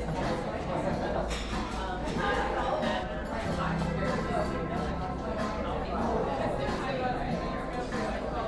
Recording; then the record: background sound without coughing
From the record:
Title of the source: 60 minutes of coffee shop sounds for study and concentration